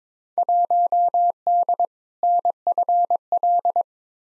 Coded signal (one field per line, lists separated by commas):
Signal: Morse code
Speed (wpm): 22 wpm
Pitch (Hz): 700 Hz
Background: none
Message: 1D NFL